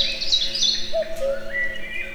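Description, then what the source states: Common cuckoo giving a single low two-note cu-coo, falling slightly, amid a busy chorus of higher twittering and whistling songbirds. Recorded in nature near the Eger tourist house, with calls heard both far and near.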